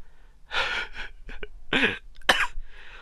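Several short, breathy bursts of noise are heard over about three seconds, ending in one sharp, abrupt cough-like burst. This is a single cough from an adult man with a head cold and blocked, runny nose, surrounded by breathing and sniffing sounds in a quiet room.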